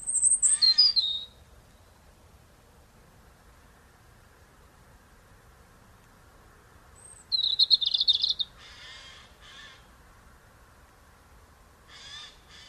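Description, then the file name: European robin giving two short, high, twittering phrases with a long pause between, followed by a few brief scratchy bursts of noise. "Erithacus rubecula"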